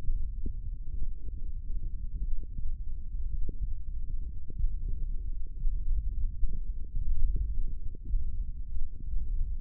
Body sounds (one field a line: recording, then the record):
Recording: forearm muscle sounds (acoustic myography)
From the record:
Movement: finger pinch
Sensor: system 1, eight BSWA MPA416 microphones around the upper forearm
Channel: 5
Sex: male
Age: 23 years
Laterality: right